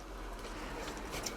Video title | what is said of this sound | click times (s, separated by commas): @TransformersHQ Transformers Earthrise Leader Class ASTROTRAIN Video Review | you want to push this up until you hear it click and I think did it yeah there we go | 1.3 s